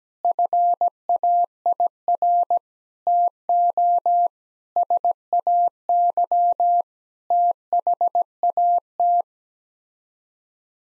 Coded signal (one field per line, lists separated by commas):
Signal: Morse code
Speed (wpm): 17 wpm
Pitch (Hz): 700 Hz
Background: none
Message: FAIR TO SAY THAT